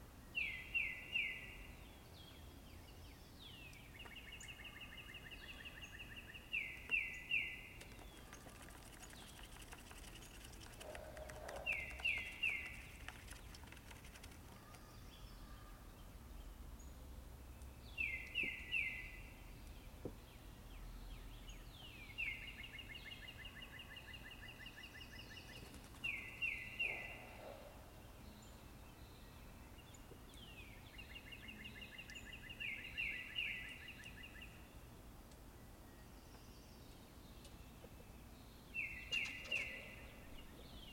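Birds in the forest repeat a bright chirping phrase every few seconds, rising and falling calls over a steady low rustle with occasional soft knocks.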